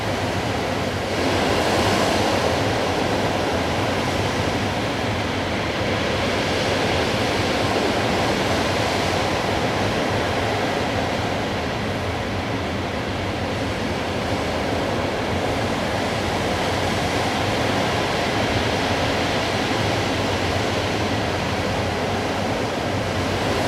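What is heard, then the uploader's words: Steady mountain wind rushes without pause, a dense, even roar spread from low rumble up to a soft hiss. Small swells rise and ease, with a slightly stronger gust near the start and a brighter, airier stretch around ten to thirteen seconds. Evening Wind. Wind sounds. Recorded on a peaceful mountain.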